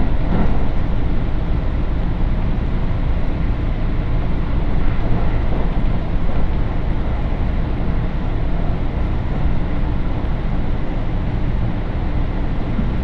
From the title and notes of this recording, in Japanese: 耳で楽しむ鉄道旅 東海道本線 熱田→名古屋→大垣。熱田から名古屋までは各駅停車に乗っていきますが、このあとのダイヤの都合上一旦名古屋から大垣までは新快速での移動にします。